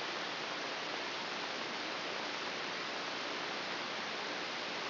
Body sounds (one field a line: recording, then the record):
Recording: brain microelectrode recording played as sound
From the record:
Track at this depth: inside the subthalamic nucleus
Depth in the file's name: 2.234 mm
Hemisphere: left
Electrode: 3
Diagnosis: Parkinson's disease